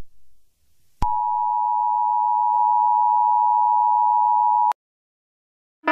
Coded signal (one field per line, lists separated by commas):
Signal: Emergency Alert System (SAME) tones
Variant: 853 and 960 Hz attention tone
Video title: Serbia EAS alarm 2019